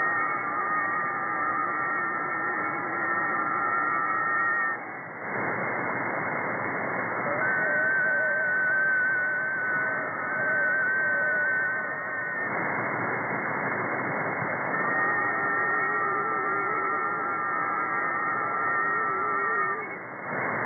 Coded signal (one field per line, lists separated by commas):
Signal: FT4